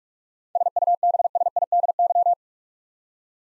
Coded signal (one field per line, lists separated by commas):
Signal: Morse code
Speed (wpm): 46 wpm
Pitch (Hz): 700 Hz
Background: none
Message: SUBSIDY